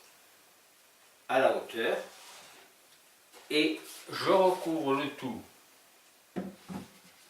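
A cover is being placed over a home-made energy pyramid assembly while someone talks in short bursts, with only faint handling noise between the words. Nothing has seated or clicked yet.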